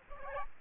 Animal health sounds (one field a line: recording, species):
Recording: mosquito wingbeat signal from an infrared sensor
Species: Aedes albopictus